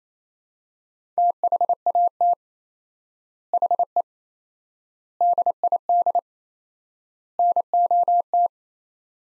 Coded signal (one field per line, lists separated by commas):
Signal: Morse code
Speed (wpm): 28 wpm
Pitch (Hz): 700 Hz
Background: none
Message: THAT HE DID NOT